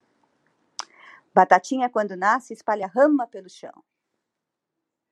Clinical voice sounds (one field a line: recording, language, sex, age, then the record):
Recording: short text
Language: Brazilian Portuguese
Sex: female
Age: 50 to 59 years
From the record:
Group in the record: control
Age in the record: 59 years